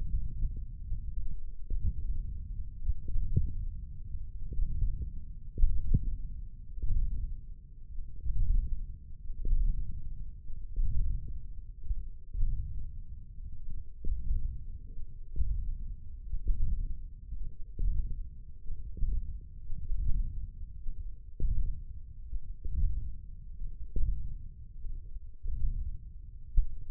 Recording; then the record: forearm muscle sounds (acoustic myography)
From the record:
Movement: hand closing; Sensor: system 1, eight BSWA MPA416 microphones around the upper forearm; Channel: 2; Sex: male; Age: 20 years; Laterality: left